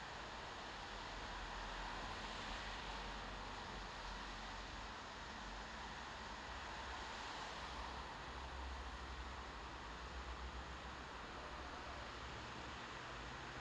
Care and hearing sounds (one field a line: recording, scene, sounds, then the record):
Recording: everyday scene through a hearing-aid microphone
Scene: in traffic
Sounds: traffic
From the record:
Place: bus stop on a city main road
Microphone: in the ear canal, left